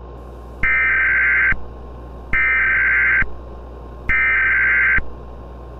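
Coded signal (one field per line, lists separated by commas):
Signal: Emergency Alert System (SAME) tones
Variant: header bursts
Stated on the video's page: Fictional EAS scenario made in KineMaster.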